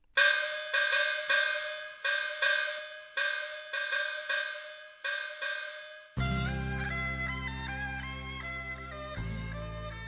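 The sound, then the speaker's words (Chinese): At a banquet on the lake of Xiyuan, a series of about nine short, bright horn blasts repeats in a steady rhythm, then several horns swell into a loud, sustained chorus of shifting tones over a deep, droning bass, sounding along with gongs and drums. “一时酒宴排开，是号角齐鸣，锣鼓喧天，开怀畅饮。”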